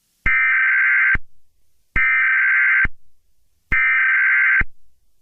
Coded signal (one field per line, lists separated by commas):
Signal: Emergency Alert System (SAME) tones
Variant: header bursts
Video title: Eas Mock: The Unknown Creature In Baltimore